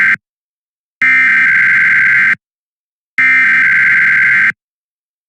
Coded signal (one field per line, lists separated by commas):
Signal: Emergency Alert System (SAME) tones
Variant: header bursts